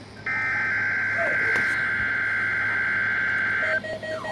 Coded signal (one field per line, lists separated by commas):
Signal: Emergency Alert System (SAME) tones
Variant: header bursts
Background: speech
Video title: EAS/NWR Alert or message #596: Required Weekly Test